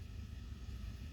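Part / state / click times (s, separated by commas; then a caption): airbag connector into steering wheel clock spring / not seated / none. While replacing the clock spring on a Jeep Wrangler, the airbag's plastic electrical connector is handled at its socket in the steering wheel clock spring. Only a steady low rumble is heard, with no distinct transients. Nothing has seated or clicked yet.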